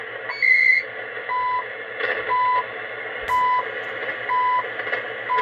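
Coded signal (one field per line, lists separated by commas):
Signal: radio time signal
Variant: CHU Canada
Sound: static with one higher beep, then five short low beeps one second apart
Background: shortwave radio static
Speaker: CHU Canada coordinated universal time 8 hours 54 minutes.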